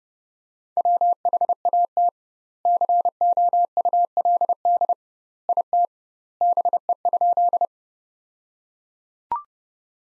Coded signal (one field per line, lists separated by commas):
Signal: Morse code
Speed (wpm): 32 wpm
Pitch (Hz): 700 Hz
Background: none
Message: WHAT COULD IT BE?